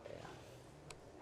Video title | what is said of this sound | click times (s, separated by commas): Weekend demo how to lay laminate flooring 1 | just clicked into place a bit | 0.9 s